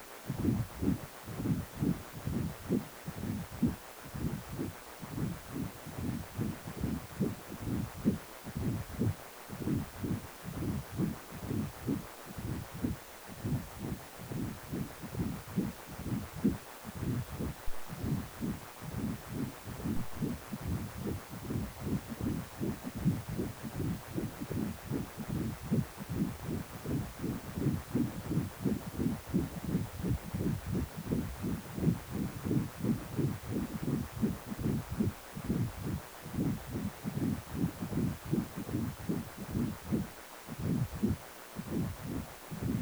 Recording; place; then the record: Doppler ultrasound of blood flow; precordium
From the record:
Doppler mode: continuous wave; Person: healthy adult, 18 to 50 years, no heart murmur, not diving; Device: 2.5 MHz transducer